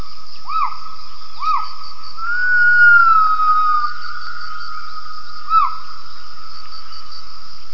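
Gibbon calls: short whistled notes that rise and fall, with one longer sustained whistle in the middle, over a steady high insect drone.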